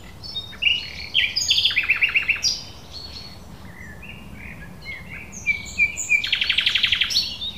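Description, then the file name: Common nightingale song: varied phrases of whistles and rapid metallic trills, with a fast repeated trill near the start and another loud trilled burst near the end. "Luscinia megarhynchos"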